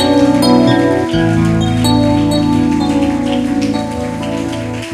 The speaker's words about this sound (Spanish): Alabado sea Dios. Dale un aplauso al Señor. Dáselo fuerte, dáselo fuerte. Dáselo fuerte. Oh, dáselo fuerte.